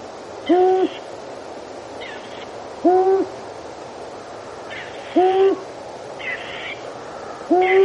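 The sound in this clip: Long-eared owl repeating a deep, level hoot four times at steady intervals, with raspy hissing sounds between notes.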